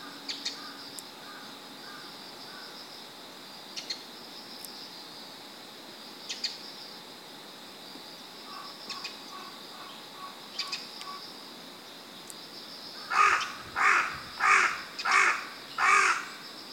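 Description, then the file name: Carrion crow calling five loud hoarse caws near the end, spaced under a second apart, after a long stretch of faint chirps and a constant high insect drone. "Corvus corone"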